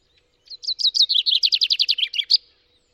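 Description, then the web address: Common chaffinch singing a cascading phrase of sharp repeated notes that drop in pitch before a final emphatic flourish. "Deverinetal 2025"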